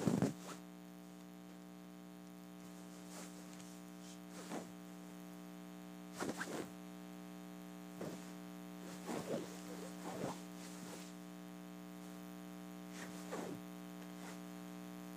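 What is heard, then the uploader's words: Fabric of a pillow case is scratched and rubbed in short, separate strokes, about a dozen soft rasping bursts spread across the clip, a few louder near the start, middle and end. A steady low electrical hum runs underneath throughout. ASMR Scratch and Rub: Pillow Case.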